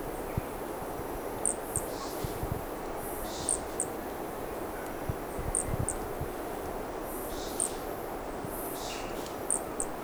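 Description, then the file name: Brachycephalus toadlet giving high, chirped notes in close pairs, each pair repeated about every two seconds, over steady low background noise with faint insect buzzes. Undetermined Brachycephalus species, individual 1, recorded at Corcovado; the first two notes of the call are missing. "MHNCI Brachycephalus sp ind 1 Corcovado two starting notes lost"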